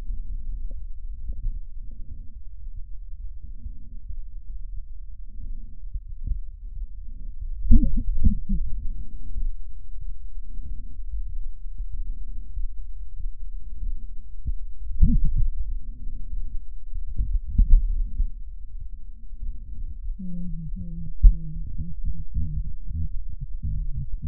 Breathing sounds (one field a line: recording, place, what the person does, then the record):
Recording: lung sounds by stethoscope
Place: left posterior basal chest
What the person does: quiet breathing, then cough and speech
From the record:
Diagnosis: interstitial lung disease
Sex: female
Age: 68 years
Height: 152 cm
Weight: 76 kg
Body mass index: 32.9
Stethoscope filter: bell mode